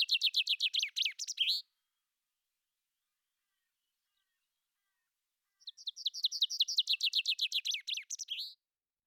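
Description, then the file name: Common chaffinch singing: the end of one rattling phrase, a pause, then a second full rattling phrase. "vink"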